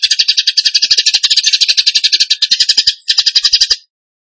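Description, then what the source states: Bird song as one dense, rattling trill of rapid high pulses, briefly broken near the end before stopping. Masteran training recording of bird song in the tembakan gacor style.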